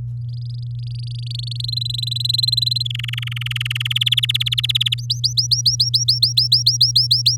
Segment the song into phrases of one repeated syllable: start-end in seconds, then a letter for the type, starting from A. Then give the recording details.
0.28-1.66 A, 1.68-2.83 B, 2.85-3.98 C, 4.01-4.94 D, 4.98-7.36 E. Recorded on 9 May 2018 at 06:29. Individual llb16